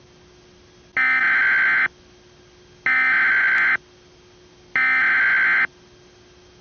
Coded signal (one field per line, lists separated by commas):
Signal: Emergency Alert System (SAME) tones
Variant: header bursts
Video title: EAS Flash Flood Warning issued for Miami FL, Broward FL